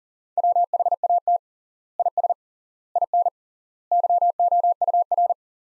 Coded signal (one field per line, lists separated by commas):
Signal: Morse code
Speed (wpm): 40 wpm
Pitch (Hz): 700 Hz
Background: none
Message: WHAT IS IN YOUR